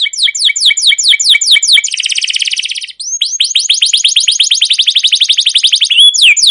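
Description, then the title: Canary song made of rapid repeated chirps, shifting into a dense buzzy trill, then long runs of quick rising notes, all high-pitched and continuous. Canary long rolling trilled song ('ngerol', 'gacor'), used as a tutor song to lure other canaries to sing. "CUIT CUIT NGEROL LANGSUNG GACOR PANJANG Kenari Ini AMPUH Utk Pancingan KENAR. Masteran Suara Burung Kenari Gacor Panjang cuit cuit Ngerol untuk Pancingan Kenari!"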